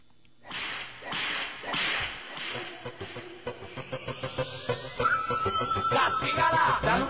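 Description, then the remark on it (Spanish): Several loud, sharp whip cracks snap over an upbeat dance song, followed by a quick, steady beat of rhythmic pulses and a rising synth sweep as the song builds. “Castígala, dale un latigazo.”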